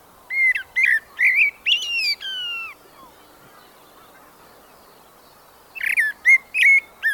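Blackbird song: a run of rich whistled notes ending in a long descending slur, about three seconds of quiet, then a further warbled phrase.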